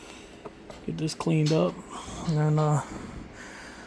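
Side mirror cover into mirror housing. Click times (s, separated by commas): 0.5 s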